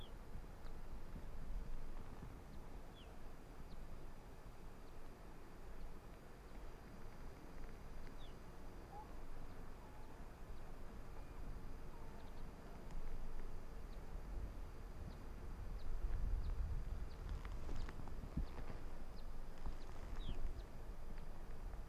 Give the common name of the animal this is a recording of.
Arctic Fox